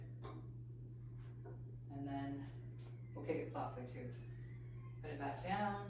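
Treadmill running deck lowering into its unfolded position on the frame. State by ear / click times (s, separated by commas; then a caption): not seated / none. A folding treadmill deck from Sunny Health & Fitness is being lowered softly toward its unfolded position on the frame while someone talks over a steady low hum. The deck is only handled here, and nothing has popped into place or seated yet.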